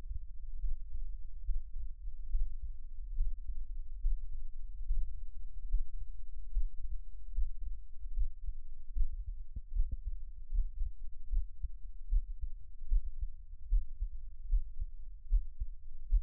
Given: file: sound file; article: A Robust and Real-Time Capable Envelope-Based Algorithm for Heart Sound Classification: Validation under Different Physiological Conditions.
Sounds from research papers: heart sounds by electronic stethoscope; rest; deep; sitting; Erb’s point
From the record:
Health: healthy, no known heart disease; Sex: male

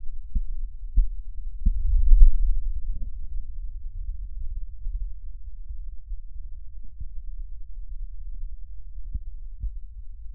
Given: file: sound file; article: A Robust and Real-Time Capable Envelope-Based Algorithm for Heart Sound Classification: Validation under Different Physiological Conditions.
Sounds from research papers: heart sounds by electronic stethoscope; rest; normal; sitting; centre of the back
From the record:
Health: healthy, no known heart disease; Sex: male

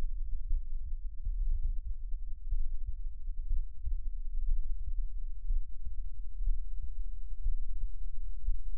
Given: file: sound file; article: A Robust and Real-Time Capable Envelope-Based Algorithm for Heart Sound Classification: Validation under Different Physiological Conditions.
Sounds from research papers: heart sounds by electronic stethoscope; rest; normal; lying on right side; Erb’s point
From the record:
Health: healthy, no known heart disease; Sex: male

